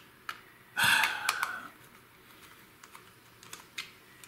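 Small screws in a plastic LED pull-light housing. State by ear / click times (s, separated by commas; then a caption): stripped / none. A bigger screwdriver tip is tried on the small screws of a plastic LED pull-light housing, giving a short burst of scraping and grinding from about 0.8 to 1.6 s with sharp ticks at 1.3 and 1.4 s, followed by faint light taps. The tip does not bite and the screws do not turn because their heads were already stripped during manufacturing, so nothing has seated or clicked.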